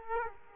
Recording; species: mosquito wingbeat signal from an infrared sensor; Aedes aegypti